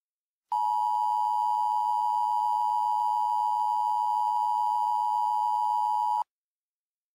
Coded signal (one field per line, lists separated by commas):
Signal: Emergency Alert System (SAME) tones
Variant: 853 and 960 Hz attention tone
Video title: EAS Mock 19: Biomass